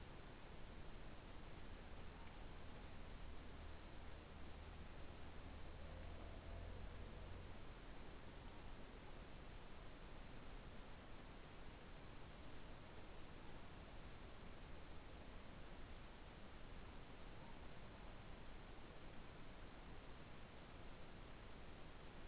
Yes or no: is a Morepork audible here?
yes